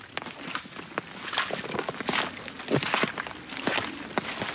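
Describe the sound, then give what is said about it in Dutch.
Footsteps of two people walking outdoors along a stream, a steady run of crunchy, scuffing steps at a brisk, slightly uneven pace, moderately loud over a soft hiss, with no one talking. “Zullen we nog even een stukje lopen”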